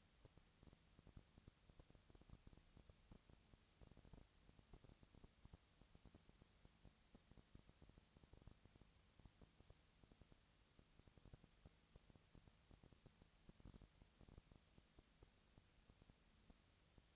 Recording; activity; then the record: daily activity, microphone in the room; no activity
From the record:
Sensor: 3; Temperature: 20.4 degrees Celsius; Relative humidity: 34.4%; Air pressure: 997.0 hPa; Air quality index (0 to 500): 205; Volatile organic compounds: 68 ppm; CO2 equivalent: 3497 ppm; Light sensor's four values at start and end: 2/3/2/2 and 2/3/2/2